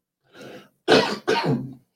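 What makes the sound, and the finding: Adult man. Cough.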